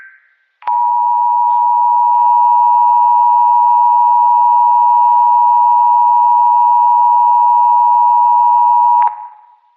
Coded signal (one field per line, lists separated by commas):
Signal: Emergency Alert System (SAME) tones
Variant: 853 and 960 Hz attention tone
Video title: a EAS VIDEO FOR A TEAMMATE